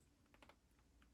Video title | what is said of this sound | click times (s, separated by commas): My HST Roster😍🥰 | Why is it not clicking? | none